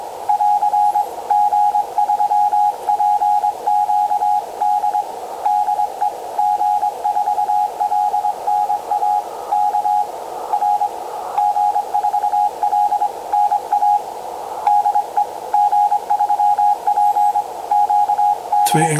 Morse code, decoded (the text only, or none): <AR> G3PQD DE G4LNA K R G4LNA DE G3PQD